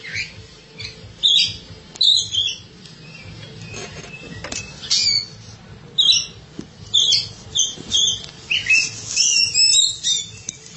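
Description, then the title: Oriental magpie-robin singing in scattered bursts of high, buzzy and whistled notes separated by short gaps. "Suara Kicauan Burung Kacer"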